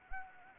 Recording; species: mosquito wingbeat signal from an infrared sensor; Anopheles gambiae